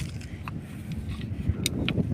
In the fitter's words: அமுக்கிட்டு இதை உள்ள தள்ளனும் அவ்வளவுதான் லாக் ஆயிடுச்சு பார்த்தீங்களா வெளிய வராது இனிமே இனிமே